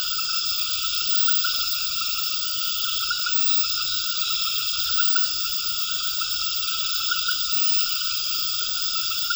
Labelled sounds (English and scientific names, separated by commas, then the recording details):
none
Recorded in pastures near Puerto Asís, Putumayo, Colombia, on 8 March 2025 at 21:00
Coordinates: 0.472, -76.329
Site G074